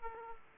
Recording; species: mosquito wingbeat signal from an infrared sensor; Aedes aegypti